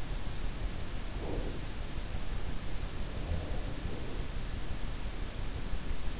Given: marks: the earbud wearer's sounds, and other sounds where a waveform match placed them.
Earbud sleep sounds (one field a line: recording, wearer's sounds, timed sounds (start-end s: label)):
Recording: sounds in sleep by an in-ear microphone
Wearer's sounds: breath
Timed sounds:
1.22-1.57 s: breath
3.09-4.19 s: breath